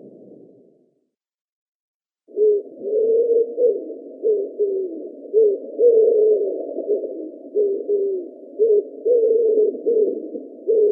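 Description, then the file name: Common wood pigeon giving a steady run of low, husky coos after a brief silent gap. Recorded in Russia. "Pticy Rossii - Vyahir Columba palumbus"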